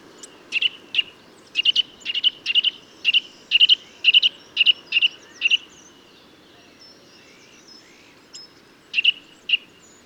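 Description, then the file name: Eurasian nuthatch giving a quick series of sharp, piping notes for about five seconds, then silence and a final pair of notes. "Sitta europaea"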